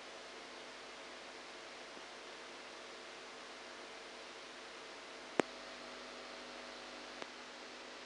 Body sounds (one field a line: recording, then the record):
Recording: brain microelectrode recording played as sound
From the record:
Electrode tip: outside the subthalamic nucleus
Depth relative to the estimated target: -8 mm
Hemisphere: right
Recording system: NeuroSet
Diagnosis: Parkinson's disease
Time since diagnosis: 7 years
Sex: male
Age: 69 years